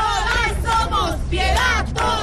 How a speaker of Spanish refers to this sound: Unas 500 personas han participado en esa concentración en la que hemos escuchado gritos como estos.